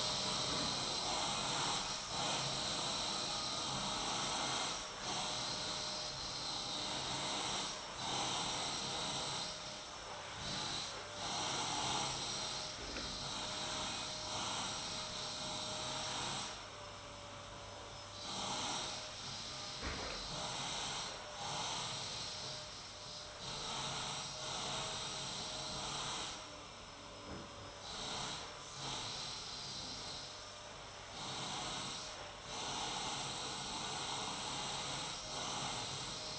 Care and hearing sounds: daily activity, microphone in the room; vacuum cleaning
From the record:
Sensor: 3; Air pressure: 991.8 hPa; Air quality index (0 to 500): 196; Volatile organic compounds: 1000 ppm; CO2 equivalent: 6627 ppm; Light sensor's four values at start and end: 32/94/38/32 and 32/95/38/33

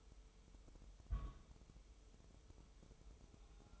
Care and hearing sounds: daily activity, microphone in the room; place on stove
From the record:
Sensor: 1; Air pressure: 988.3 hPa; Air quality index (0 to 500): 202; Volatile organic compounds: 1000 ppm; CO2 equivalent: 5410 ppm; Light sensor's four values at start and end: 27/98/37/39 and 27/98/37/39

